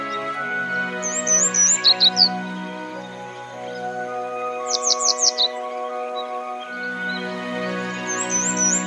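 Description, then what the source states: Grey wagtail calls: three bursts of sharp, high chipping notes in quick runs, over a steady low hum. Recorded on the Boso Peninsula, Chiba Prefecture, Japan.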